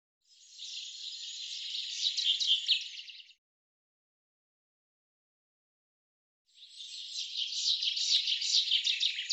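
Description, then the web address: Bird song, two dense buzzy phrases of rapid high chirps separated by a quiet gap. "Deverinetal 2025 File cleaned normalized Bird Fr Co"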